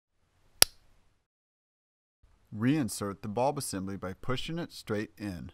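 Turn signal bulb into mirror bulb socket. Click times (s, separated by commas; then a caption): 0.6 s. A new turn signal bulb is pushed into its plastic socket in the side mirror of a 2016–2020 Fiat 500X, giving a single sharp click at 0.6 s. The bulb is seated, and someone then talks.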